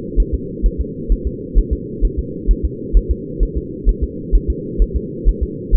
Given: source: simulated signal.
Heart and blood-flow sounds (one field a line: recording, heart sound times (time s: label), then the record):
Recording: fetal heart sounds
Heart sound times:
0.20 s: S1
0.34 s: S2
0.66 s: S1
0.81 s: S2
1.12 s: S1
1.27 s: S2
1.59 s: S1
1.73 s: S2
2.05 s: S1
2.19 s: S2
2.51 s: S1
2.65 s: S2
2.97 s: S1
3.11 s: S2
3.43 s: S1
3.58 s: S2
3.89 s: S1
4.04 s: S2
4.35 s: S1
4.50 s: S2
4.82 s: S1
4.96 s: S2
5.28 s: S1
5.43 s: S2
5.75 s: S1
From the record:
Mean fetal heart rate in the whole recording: 130 bpm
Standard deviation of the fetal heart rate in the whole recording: 2 bpm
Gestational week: 36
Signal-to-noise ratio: -4.1 dB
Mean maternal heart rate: no maternal heart sound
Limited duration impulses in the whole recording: absent